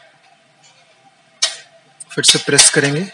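A plastic lock clip on the grill halves of an Atomberg Renesa Efficio+ pedestal fan is gently pried open to remove the grill. It releases with a sharp click at 1.4 s. A faint tick follows at 2.0 s, and then someone talks.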